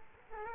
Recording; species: mosquito wingbeat signal from an infrared sensor; Culex quinquefasciatus